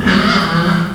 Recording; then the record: squeal of a Yucatan mini pig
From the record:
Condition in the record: after surgery on the right vocal fold (resection and tissue-engineered implant); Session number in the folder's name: 16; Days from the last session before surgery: 183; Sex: female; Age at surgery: 19 weeks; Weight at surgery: 25 kg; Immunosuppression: prednisolone